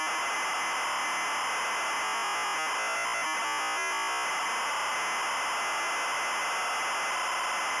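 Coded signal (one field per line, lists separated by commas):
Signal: ZX Spectrum tape loading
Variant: Adventurer custom loader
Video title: Adventurer ZX Spectrum loader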